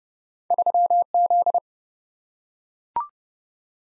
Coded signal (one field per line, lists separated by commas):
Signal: Morse code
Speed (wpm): 30 wpm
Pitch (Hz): 700 Hz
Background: none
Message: 3Z